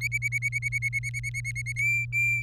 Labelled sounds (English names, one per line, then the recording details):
Domestic Canary song
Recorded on 23 April 2018 at 17:20
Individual llb3